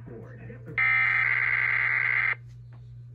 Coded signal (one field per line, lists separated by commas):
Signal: Emergency Alert System (SAME) tones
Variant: header bursts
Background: speech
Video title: EAS 865 KDKA EAS TEST